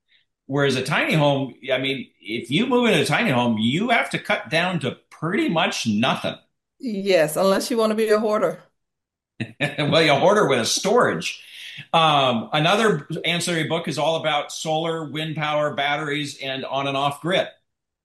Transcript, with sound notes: Whereas a tiny home, yeah, I mean, if you move into a tiny home, you have to cut down to pretty much nothing.
Yes, unless you want to be a hoarder.
(laughs) Well, a hoarder with storage. Um, another ancillary book is all about solar, wind power, batteries, and on and off grid.